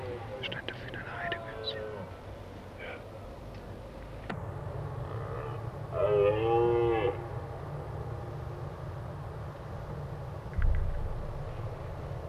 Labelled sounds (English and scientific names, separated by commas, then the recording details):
Red Deer (Cervus elaphus) roaring
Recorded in the wild
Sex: male
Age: adult
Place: Schloß Holte-Stukenbrock, Senne, Nordrhein-Westfalen, DE
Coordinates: 51.85, 8.73333
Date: 1966
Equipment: Uher 4000 Report-S, Bändchenmikro Beyer M 260, Parabolspiegel Polyester (470 mm)
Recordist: Conrads, Klaus